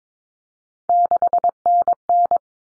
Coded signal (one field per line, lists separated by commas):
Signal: Morse code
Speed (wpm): 22 wpm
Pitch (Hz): 700 Hz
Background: none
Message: 6NN